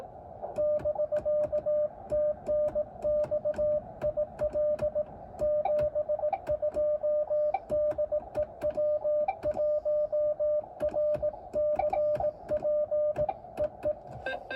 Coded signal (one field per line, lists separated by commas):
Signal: Morse code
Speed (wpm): 18 wpm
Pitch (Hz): 590 Hz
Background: music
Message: <BK> TNX IL 72 DE W1RCP EE